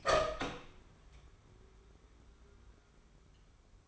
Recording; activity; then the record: daily activity, microphone in the room; open door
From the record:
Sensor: 1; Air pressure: 1015.2 hPa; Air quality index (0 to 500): 183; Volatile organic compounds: 16 ppm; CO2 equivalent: 2553 ppm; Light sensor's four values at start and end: 14/33/14/15 and 14/33/14/15